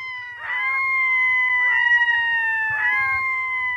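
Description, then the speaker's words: Red-throated loon calling: long, sustained, harmonic wailing tones with three harsher bursts at the start, middle and near the end. Calls as it emerges from the reedy edge of a tundra lake near Nome, Alaska, where it breeds in the Arctic summer. "Listen as a red throated loon calls as it emerges from the lake's reedy edge."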